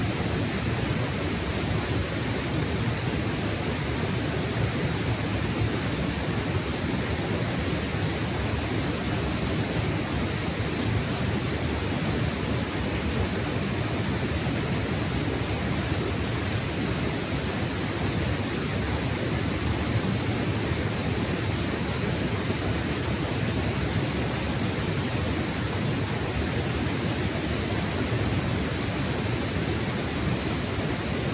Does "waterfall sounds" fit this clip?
yes